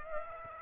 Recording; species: mosquito wingbeat signal from an infrared sensor; Aedes aegypti